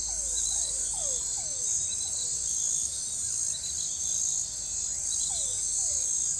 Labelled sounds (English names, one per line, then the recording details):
none
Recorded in forest near Pivijay, Magdalena, Colombia, on 15 April 2023 at 23:00
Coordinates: 10.467, -74.380
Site Z5-G034